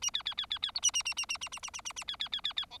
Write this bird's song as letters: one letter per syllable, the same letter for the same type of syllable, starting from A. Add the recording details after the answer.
A B B B B B C A A A A A A A A A A A B B B B B D. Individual Bird4